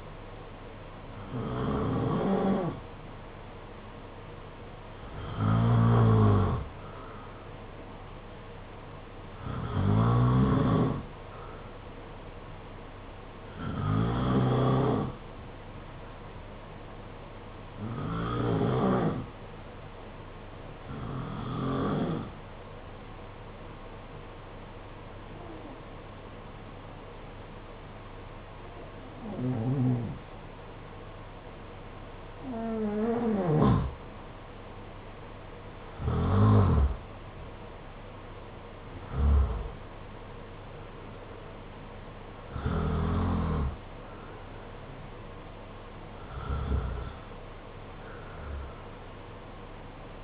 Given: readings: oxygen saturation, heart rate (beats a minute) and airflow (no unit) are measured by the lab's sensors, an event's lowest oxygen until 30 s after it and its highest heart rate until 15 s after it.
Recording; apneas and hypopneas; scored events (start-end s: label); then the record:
breathing in sleep by a voice recorder at the bedside; 1
23.00-36.50 s: hypopnea (N2, oxygen 93% highest, then 89% lowest, heart rate 55 at the start, 61 highest)
From the record:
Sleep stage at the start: N2 (light sleep); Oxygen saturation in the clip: 91 to 93%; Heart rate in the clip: 51 to 61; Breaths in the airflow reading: 13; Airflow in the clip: -6.4 to 6.9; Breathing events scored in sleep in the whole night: 476 in 9.7 hours asleep